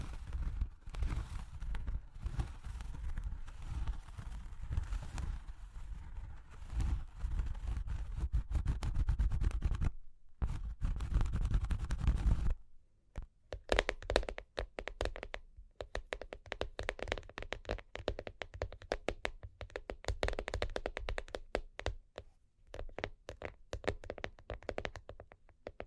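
Cork and wood are rubbed and scratched in a dense, continuous rasp with a low rumble for the first ten seconds, then it breaks off briefly. From about 13 seconds a sparser run of quick, crisp taps and short scrapes follows, irregular and bright, until the end.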